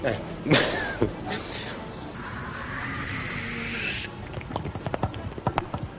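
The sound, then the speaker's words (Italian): A voice imitates a bidet as the first in a series of bathroom noise imitations: a short burst of mouth noises, then a steady two-second hissing whoosh like spraying water, ending in scattered clicks and puffs of breath. “Faceva l'imitazione del bagno. Il primo rumore è stato il bidet.”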